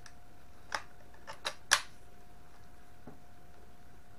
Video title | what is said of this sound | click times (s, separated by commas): (X3) M91 Carcano Calvary Carbine $59 Gunsmith Special Unboxing from DK Firearms | functions just fine. Locks in place fine. | 1.7 s